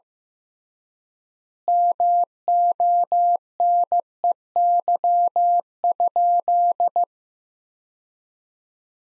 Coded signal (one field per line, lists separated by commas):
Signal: Morse code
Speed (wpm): 15 wpm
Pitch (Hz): 700 Hz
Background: none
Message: MONEY?